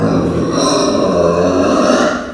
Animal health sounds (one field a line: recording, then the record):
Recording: squeal of a Yucatan mini pig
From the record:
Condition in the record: after surgery on the right vocal fold (resection and tissue-engineered implant)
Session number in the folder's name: 9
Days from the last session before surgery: 65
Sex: female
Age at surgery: 19 weeks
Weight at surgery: 25 kg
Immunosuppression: prednisolone